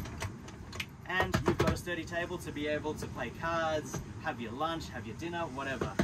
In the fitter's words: that comes out of the ground it locks into place